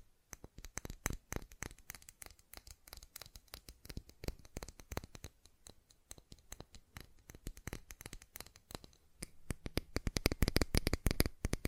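Fast tapping runs throughout as a dense stream of sharp, crisp clicks, uneven in rhythm and spacing, sometimes clustering into quick bursts. The taps grow louder and more rapid toward the end, around ten seconds, with a faint steady hiss underneath.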